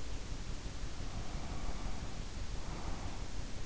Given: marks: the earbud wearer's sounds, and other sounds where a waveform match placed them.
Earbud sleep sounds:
sounds in sleep by an in-ear microphone; breath
0.91-3.32 s: breath

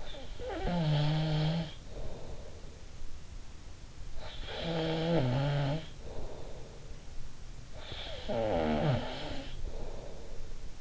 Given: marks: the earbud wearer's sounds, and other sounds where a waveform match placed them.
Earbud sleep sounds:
sounds in sleep by an in-ear microphone; snoring breath
0.00-2.95 s: snoring breath
4.13-7.00 s: snoring breath
7.82-10.81 s: snoring breath

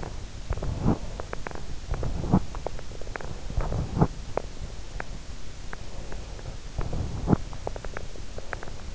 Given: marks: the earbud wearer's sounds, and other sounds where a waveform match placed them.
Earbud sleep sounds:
sounds in sleep by an in-ear microphone; breath, teeth grinding
0.50-1.16 s: breath
0.73-1.12 s: teeth grinding
1.95-2.75 s: teeth grinding
3.22-4.22 s: teeth grinding
4.96-5.10 s: teeth grinding
5.71-6.65 s: breath
6.74-7.50 s: teeth grinding
7.59-8.07 s: teeth grinding
8.28-8.90 s: breath

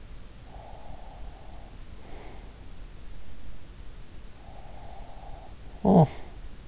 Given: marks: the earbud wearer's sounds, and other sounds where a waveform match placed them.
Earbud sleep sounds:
sounds in sleep by an in-ear microphone; breath, talking in sleep
0.35-2.92 s: breath
5.24-6.68 s: talking in sleep

